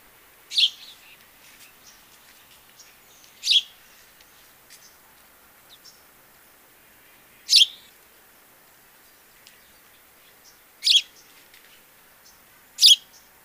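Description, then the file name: House sparrow giving single sharp, high chirps spaced several seconds apart over a faint background hiss, with occasional softer ticks between them. "Passer domesticus"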